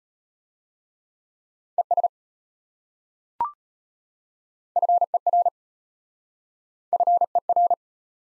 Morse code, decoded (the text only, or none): ES FER FER